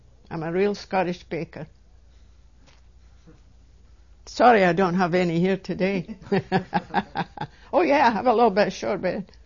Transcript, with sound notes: I'm a real Scottish baker. Sorry I don't have any here today. (They laugh.) Oh yeah, I have a little bit of shortbread.